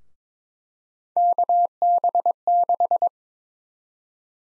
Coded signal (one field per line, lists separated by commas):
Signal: Morse code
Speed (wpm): 22 wpm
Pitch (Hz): 700 Hz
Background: none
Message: KB6